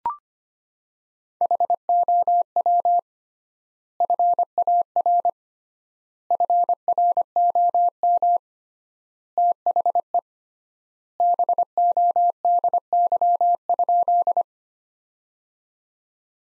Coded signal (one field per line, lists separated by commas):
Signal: Morse code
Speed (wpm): 25 wpm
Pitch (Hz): 700 Hz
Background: none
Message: HOW FAR FROM THE BODY?